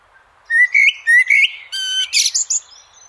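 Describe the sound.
Eurasian blackbird song: a short phrase of rising whistled notes followed by a high, squeaky twittering flourish, then quiet.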